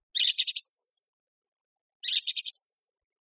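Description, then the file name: Song thrush song, one scratchy phrase ending in a high thin whistle, repeated almost identically after a pause of about one second. "suara-kicauan-burung-song-thrush -omkicau"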